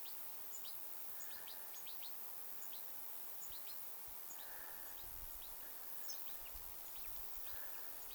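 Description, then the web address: European goldfinch calls: many short, high, rising chirps repeat quickly throughout, with a soft buzzing band in the background and steady hiss. A goldfinch brood calling nearby, 2 September 2026. "paivat 2 9 2026 tiklipesue aantelee lahella"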